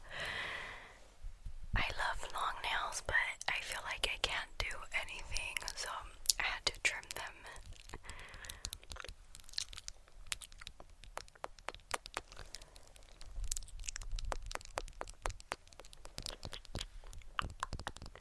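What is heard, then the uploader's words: Wet mouth sounds and lip smacks from lipgloss being applied, with quick sticky clicks and crackles scattered densely through the first half. The sounds grow sparser later, leaving sharp, irregular taps and pops. ASMR Lipgloss Application (Kisses, Mouth Sounds, Tapping).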